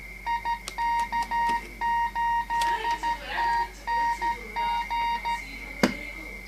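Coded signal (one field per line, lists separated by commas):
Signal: Morse code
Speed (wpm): 13 wpm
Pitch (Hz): 940 Hz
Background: none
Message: IK8TNG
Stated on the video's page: CW generated by an encoder interface connected via CAT to a Kenwood TS-990, using an internal codec without a PC sound card.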